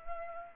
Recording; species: mosquito wingbeat signal from an infrared sensor; Culex pipiens